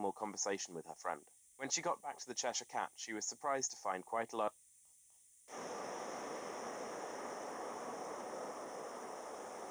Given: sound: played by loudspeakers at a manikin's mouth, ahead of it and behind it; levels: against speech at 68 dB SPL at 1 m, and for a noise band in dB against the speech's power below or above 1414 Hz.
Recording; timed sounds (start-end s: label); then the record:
test signals for a remote microphone
0.00-4.48 s: man speaking
5.48-9.71 s: speech-spectrum noise, -10 dB
From the record:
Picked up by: remote microphone D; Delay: 24 ms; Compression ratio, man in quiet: 1.31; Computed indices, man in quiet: SII 0.994, HASPI 0.998, HASQI 0.363 (non-linear 0.417, linear 0.872), ESTOI 0.824